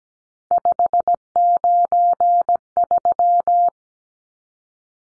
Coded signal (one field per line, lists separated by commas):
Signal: Morse code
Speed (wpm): 17 wpm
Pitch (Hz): 700 Hz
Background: none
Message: 593